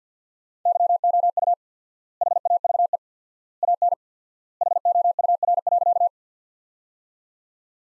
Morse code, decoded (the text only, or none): YOU HAVE AN HOUR.